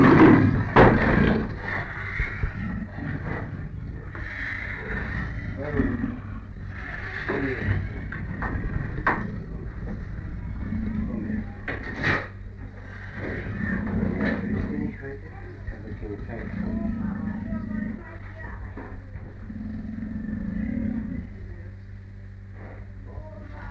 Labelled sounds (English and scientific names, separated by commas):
Leopard (Panthera pardus)